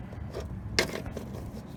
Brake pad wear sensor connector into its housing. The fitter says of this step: housing for it and make sure it clicks into place good just